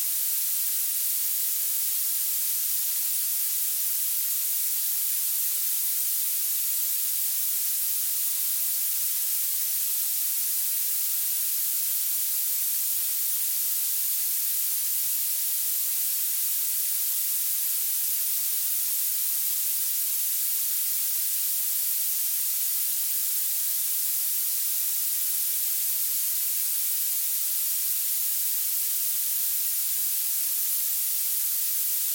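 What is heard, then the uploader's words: Soft violet noise plays as a steady, even hiss, thin and very bright, with nothing below the upper range and almost no low end. It stays perfectly constant for the whole clip, with no events, swells or other sounds. Soft Violet Noise. The soft, velvety hiss of this noise creates a peaceful atmosphere.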